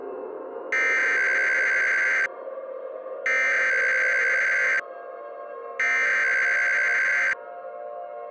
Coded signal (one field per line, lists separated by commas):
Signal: Emergency Alert System (SAME) tones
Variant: header bursts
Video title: EAS Scenario: The Breaking News Incident